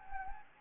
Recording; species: mosquito wingbeat signal from an infrared sensor; Anopheles gambiae